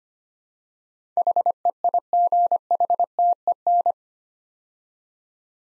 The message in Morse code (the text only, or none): HEIGHTEN